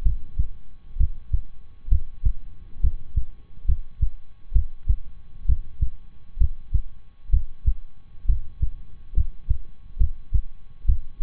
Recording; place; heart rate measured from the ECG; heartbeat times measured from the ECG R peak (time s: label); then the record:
heart sounds by stethoscope; between the tricuspid and mitral areas; 66 bpm
0.02 s: heartbeat
0.96 s: heartbeat
1.88 s: heartbeat
2.80 s: heartbeat
3.65 s: heartbeat
4.52 s: heartbeat
5.45 s: heartbeat
6.37 s: heartbeat
7.29 s: heartbeat
8.25 s: heartbeat
9.13 s: heartbeat
9.97 s: heartbeat
10.85 s: heartbeat
From the record:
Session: rest, lying down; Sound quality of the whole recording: good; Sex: male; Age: 23 years